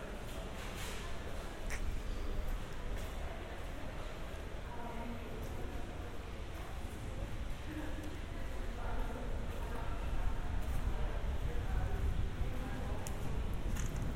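A walk through Central Park, filled with a steady, dense wash of low rumble and murmuring voices that never drops out. Faint bits of speech surface now and then, and a few brief, brighter clicks and taps appear, with passing traffic blending into the background.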